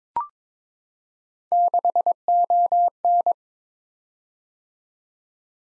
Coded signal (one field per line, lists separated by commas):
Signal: Morse code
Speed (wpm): 22 wpm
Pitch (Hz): 700 Hz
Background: none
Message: 6ON